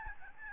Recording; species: mosquito wingbeat signal from an infrared sensor; Aedes albopictus